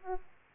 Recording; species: mosquito wingbeat signal from an infrared sensor; Aedes aegypti